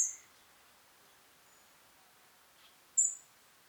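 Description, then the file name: European robin: one high thin note at the start and another about three seconds later, with a faint softer sound just before it. "Erithacus rubecula"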